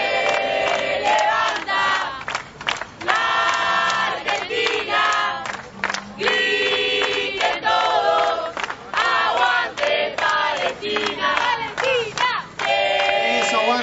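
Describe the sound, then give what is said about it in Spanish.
A large crowd at an event against the genocide in Gaza, in support of Palestine, cheers and shouts loudly, many voices rising and falling together, with sharp applause crackling steadily underneath for the whole stretch. “Fuerte ese aplauso, que se escuche ese grito en Palestina.”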